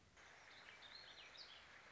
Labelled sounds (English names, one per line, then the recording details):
Warbling Vireo
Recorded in Sonoma County, California